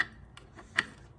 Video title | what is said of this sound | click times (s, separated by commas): Carvera - How to Change a Broken Bit | I'm just gonna go ahead and I'm gonna latch it | 0.0 s, 0.8 s